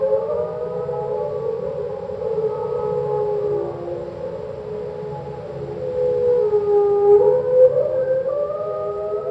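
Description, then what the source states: Whale song, slowed: long gliding moans that sag then climb, with a brief upward squeal near the end and a steady low hum throughout. A single whale, slowed down.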